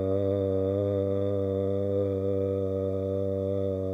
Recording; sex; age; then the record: sustained vowel /a/; male; 50 to 59 years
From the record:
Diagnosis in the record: amyotrophic lateral sclerosis, bulbar onset 23 months earlier, bulbar signs present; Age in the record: 57 years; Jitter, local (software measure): 0.35%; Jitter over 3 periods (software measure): 0.17%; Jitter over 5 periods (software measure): 0.23%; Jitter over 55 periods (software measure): 0.85%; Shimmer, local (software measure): 3.7%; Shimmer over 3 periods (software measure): 1.8%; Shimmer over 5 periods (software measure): 2.4%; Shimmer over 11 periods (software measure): 3.7%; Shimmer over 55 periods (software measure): 5.9%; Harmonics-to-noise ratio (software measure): 11.8 dB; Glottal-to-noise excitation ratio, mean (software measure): 0.85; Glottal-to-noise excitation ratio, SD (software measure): 0.032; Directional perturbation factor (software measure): 60.1%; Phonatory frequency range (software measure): 0.11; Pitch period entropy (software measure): 1.27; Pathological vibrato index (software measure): 0.49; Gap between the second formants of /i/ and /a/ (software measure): 927 Hz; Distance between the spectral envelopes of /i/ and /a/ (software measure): 6.0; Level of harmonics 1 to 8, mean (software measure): -7.2, -11.9, -10.6, -10.5, -4.1, -8.2, -25.3, -35.9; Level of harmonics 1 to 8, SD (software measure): 0.9, 0.7, 1.5, 1.5, 1.6, 2.0, 3.5, 2.8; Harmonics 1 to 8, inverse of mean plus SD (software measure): 0.124, 0.079, 0.083, 0.083, 0.175, 0.098, 0.035, 0.026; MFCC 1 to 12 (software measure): 8.8, 2.6, -9.1, -6.2, -12.9, 9.7, 2.3, 20.1, -15.5, -4.9, 0.6, 2.9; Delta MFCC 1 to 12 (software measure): 0.005, 0.004, -0.006, 0.010, -0.009, -0.003, 0.017, -0.004, -0.002, -0.007, 0.008, -0.006